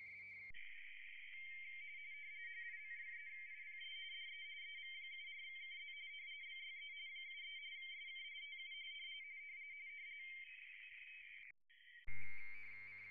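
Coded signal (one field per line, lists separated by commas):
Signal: RTTY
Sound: warbling two-tone teletype chatter, overlapping signals, ending with one clear fast-alternating pair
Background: radio static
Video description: A.R.I. International DX Contest *** SO2V LP RTTY ***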